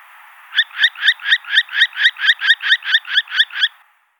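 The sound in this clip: Northern hawk-owl giving a series of about fourteen harsh, scratchy screeching notes, then falling silent.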